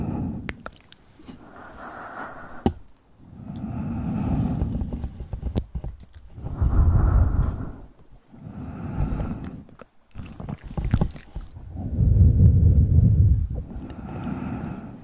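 An ear massage trigger: soft, muffled rubbing swells in slow waves, roughly every two to three seconds, each one a deep, full whoosh that rises and fades. Between the swells come sharp clicks and light taps, especially early on and around ten seconds.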